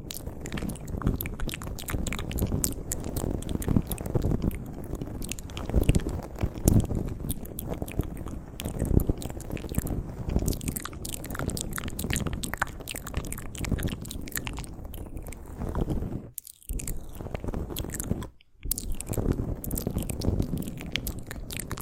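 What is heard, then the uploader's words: Mouth sounds run continuously: wet clicks, smacks and soft crunchy, chewing-like noises in a dense, irregular stream. The busy texture holds steady with low rumbling underneath, broken by two brief silences around sixteen and eighteen seconds. TINGLY MOUTH SOUNDS.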